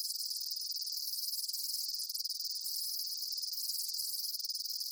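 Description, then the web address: Insects chirping in a dense, continuous high-pitched chorus, steady and shimmering throughout with no other clear sounds. Daytime insect ambience, bugs chirping outdoors. "Blastwave INSECTS Amb Day Insects. ambience insects chirps day bugs"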